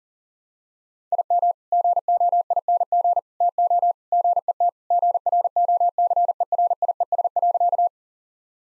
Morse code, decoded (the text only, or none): IM GOING TO GET GROCERIES.